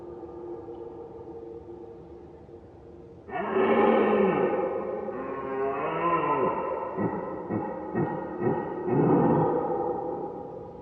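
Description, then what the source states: Red deer roar: faint droning at first, then a loud bellow at about three seconds, followed by wavering moans and several short grunting pulses. Recorded at far distance.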